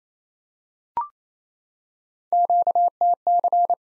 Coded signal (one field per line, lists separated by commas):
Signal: Morse code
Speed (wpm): 28 wpm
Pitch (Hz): 700 Hz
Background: none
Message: QTC